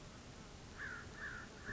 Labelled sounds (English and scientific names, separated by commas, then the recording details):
American Crow (Corvus brachyrhynchos)
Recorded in Sonoma County, California